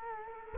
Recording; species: mosquito wingbeat signal from an infrared sensor; Culex quinquefasciatus